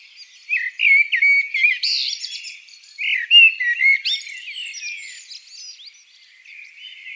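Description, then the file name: Eurasian blackbird singing two mellow warbling phrases, each ending in a thin twittering flourish, the last seconds quieter. "Turdus merula"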